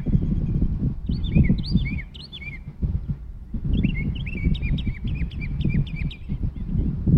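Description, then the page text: Northern mockingbird song: short chirped phrases, each repeated several times in quick bursts, a pause, then a new run of repeated notes over low rumbling background noise. Recorded in Maryland. "Maryland Biodiversity. Northern Mockingbird ( Mimus polyglottos )"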